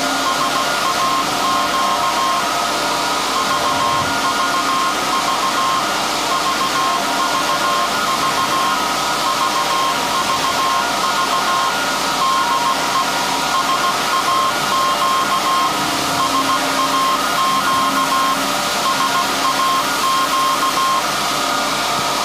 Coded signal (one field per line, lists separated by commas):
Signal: Morse code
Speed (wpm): 16 wpm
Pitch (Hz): 1060 Hz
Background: none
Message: SAQ VVV VVV VVV DE SAQ SAQ SAQ